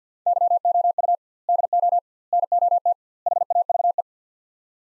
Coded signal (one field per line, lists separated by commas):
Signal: Morse code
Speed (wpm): 49 wpm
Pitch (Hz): 700 Hz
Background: none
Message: YOU DO NOT HAVE